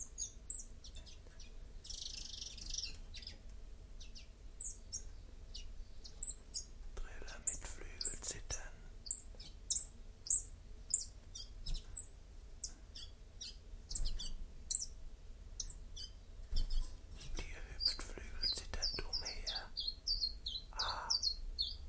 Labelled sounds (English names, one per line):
Common Chiffchaff song